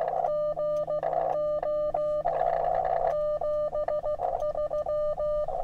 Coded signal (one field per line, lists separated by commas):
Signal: Morse code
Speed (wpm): 15 wpm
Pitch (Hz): 600 Hz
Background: none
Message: G O 73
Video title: Portable Winter Ham Radio Operations CW QRP